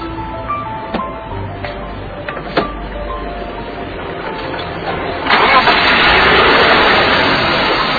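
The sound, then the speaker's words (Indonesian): A car engine, maintained daily by its owner, turns over with a few clicks and sputters as a prospective buyer tries it, then catches at about five seconds and settles into a steady, loud, even idle hum. “Kalau mesin tiap hari saya rawat, Bos. Bener, Bos. Bagus kan suaranya bersih, kan, Bos?”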